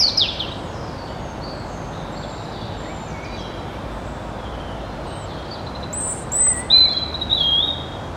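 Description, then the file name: European robin: a brief high note at the start, a long quiet stretch of background hiss, then a short burst of high, thin whistled notes near the end. "Erithacus rubecula"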